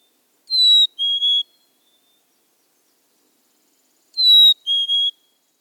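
Black-capped chickadee whistling a clear two-note song, the second note lower, given twice about three and a half seconds apart.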